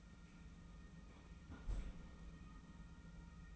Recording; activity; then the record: daily activity, microphone in the room; close fridge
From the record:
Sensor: 1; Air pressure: 991.0 hPa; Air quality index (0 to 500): 112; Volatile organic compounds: 123 ppm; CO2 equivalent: 3890 ppm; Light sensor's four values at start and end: 19/45/19/21 and 19/45/19/20